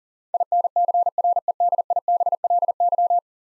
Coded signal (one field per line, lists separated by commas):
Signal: Morse code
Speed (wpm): 40 wpm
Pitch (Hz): 700 Hz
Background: none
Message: INCREDIBLY